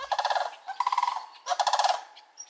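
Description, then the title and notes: Sandhill crane calls: three rattling, rolling trumpeted bursts in quick succession, each pulsing rapidly, with short pauses between. "When a Sandhill Crane chick hatched in Maine"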